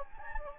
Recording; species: mosquito wingbeat signal from an infrared sensor; Anopheles gambiae